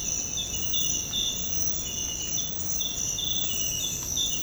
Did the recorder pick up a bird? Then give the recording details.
no. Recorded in secondary vegetation near Puerto Asís, Putumayo, Colombia, on 19 February 2024 at 06:00. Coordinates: 0.468, -76.324. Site G6381